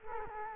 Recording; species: mosquito wingbeat signal from an infrared sensor; Culex quinquefasciatus